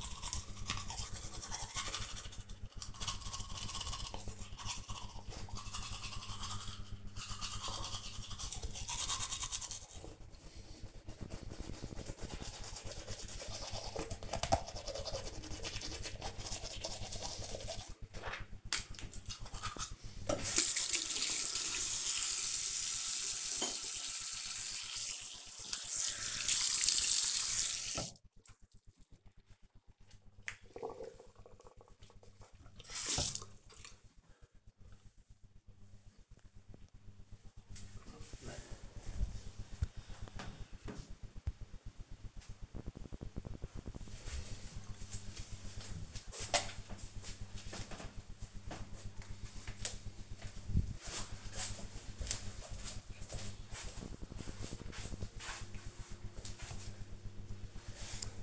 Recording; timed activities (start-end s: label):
household activities, microphone on the right wrist
0.00-28.11 s: brushing teeth